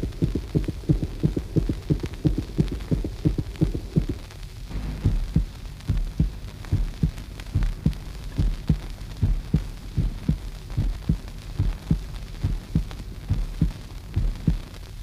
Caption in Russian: Переход пароксизмальной тахикардии в нормальный ритм сердца, полученный надавливанием на глазные яблоки больного. Последнее вызывает остановку сердечной деятельности на 1,5-2 секунды с последующим установлением нормального ритма.